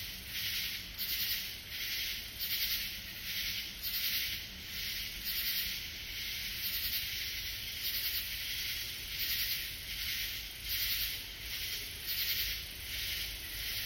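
Katydid calls, rasping bursts repeating about every 1.4 seconds.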